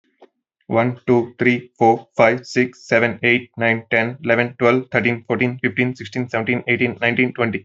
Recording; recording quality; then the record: counting at a fast pace; excellent, no background noise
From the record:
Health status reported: healthy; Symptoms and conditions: none ticked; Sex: male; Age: 24 years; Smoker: not ticked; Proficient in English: yes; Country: India